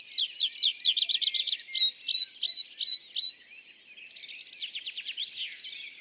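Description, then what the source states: Tree pipit song: loud fast repeated notes turning into slower clear whistled phrases, followed by a quieter buzzy trill. Displaying tree pipit days back from migration, singing atop isolated tree by meadow, sometimes rising then parachuting down; La Sarcena, Val Drôme, France, 27 April 2020; Nagra Seven, MKH40.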